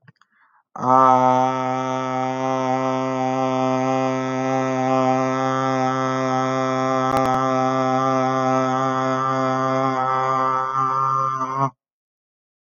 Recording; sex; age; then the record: vowel held as long as possible; male; 30 to 39 years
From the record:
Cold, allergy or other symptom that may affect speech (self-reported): no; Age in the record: 31 years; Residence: New York, United States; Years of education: 16